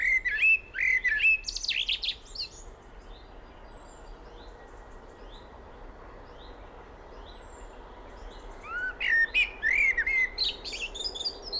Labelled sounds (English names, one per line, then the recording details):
Common Blackbird
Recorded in the wild
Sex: male
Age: adult
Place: Blankenfelde, Berlin, DE
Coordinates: 52.645, 13.395
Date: 1992-05-31
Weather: sonnig, 22-25 °C
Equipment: Marantz CP 430, Sennheiser ME 80, K 30 AV, Kopie Tesla B 116
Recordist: Tembrock, Günter
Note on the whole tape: Am Schutzgebiet bei den Arkenbergen; Gesang (längere Stücke, sehr gut, ca. 7 min)